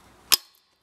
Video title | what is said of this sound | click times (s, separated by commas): iSCOOT X50 Déballage et test scooter trottinette - Decathnlon Oxelo Town 7 XL Clone | on remet le pied ici et on pousse le guidon en avant, jusqu'au clic. | 0.3 s